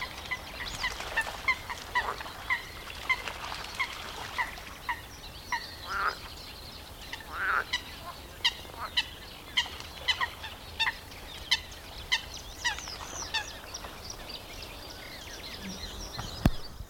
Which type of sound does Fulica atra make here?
call